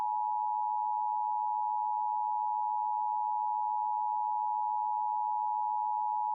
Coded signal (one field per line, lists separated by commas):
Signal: Emergency Alert System (SAME) tones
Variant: 853 and 960 Hz attention tone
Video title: EAS Mock Tornado Warning Funny